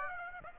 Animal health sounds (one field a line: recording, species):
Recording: mosquito wingbeat signal from an infrared sensor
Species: Aedes aegypti